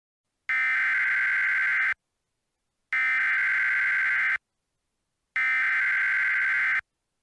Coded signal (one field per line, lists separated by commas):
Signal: Emergency Alert System (SAME) tones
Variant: header bursts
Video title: EAS Mock: The First Snow Squall Warning Ever Issued! 2/2/18